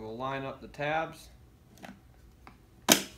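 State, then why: Seated. Someone talks while a DeWalt power-tool battery pack is lined up by its tabs with the battery mount of a GPK-32 robot and pushed forward. A few faint ticks follow, then a loud, sharp click at 2.9 s as the battery locks firmly into place.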